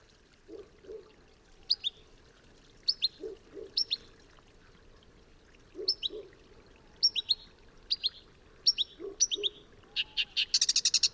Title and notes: LA VACHE ET LA VERDEROLLE. 28 mai 2020-Vercors - Nagra seven - mkh40. Rousserolles verderolles (Acrocephalus palustris)